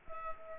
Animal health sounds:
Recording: mosquito wingbeat signal from an infrared sensor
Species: Culex quinquefasciatus

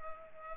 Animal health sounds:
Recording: mosquito wingbeat signal from an infrared sensor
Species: Culex pipiens

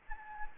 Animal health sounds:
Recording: mosquito wingbeat signal from an infrared sensor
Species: Anopheles gambiae

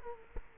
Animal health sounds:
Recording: mosquito wingbeat signal from an infrared sensor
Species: Culex quinquefasciatus

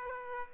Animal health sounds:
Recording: mosquito wingbeat signal from an infrared sensor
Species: Aedes aegypti

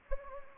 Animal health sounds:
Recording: mosquito wingbeat signal from an infrared sensor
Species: Anopheles gambiae

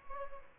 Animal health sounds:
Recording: mosquito wingbeat signal from an infrared sensor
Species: Aedes albopictus

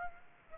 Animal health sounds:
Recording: mosquito wingbeat signal from an infrared sensor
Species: Aedes aegypti

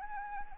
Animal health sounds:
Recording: mosquito wingbeat signal from an infrared sensor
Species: Anopheles arabiensis

